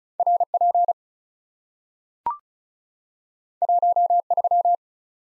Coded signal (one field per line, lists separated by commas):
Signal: Morse code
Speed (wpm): 36 wpm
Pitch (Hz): 700 Hz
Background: none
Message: RP 13